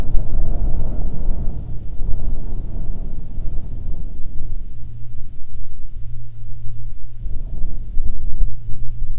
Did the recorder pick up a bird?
no